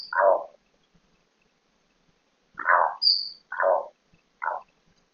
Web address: sound Gould's-toucanet. صدای-پرنده-توکانچه-گولد